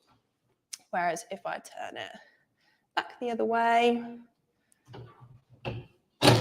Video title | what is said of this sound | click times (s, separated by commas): Setting the pressure on a HappyPress 4 | a bit loose there so this is what I mean you want to listen for that click into place | none